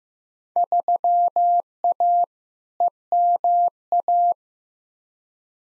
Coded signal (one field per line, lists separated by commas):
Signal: Morse code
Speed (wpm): 15 wpm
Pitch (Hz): 700 Hz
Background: none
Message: 3A EMA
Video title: Field Day Exchange v2 - 15wpm